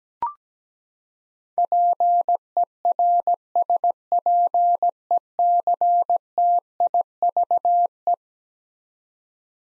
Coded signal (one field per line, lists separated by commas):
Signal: Morse code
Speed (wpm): 17 wpm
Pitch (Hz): 700 Hz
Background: none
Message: PERSPECTIVE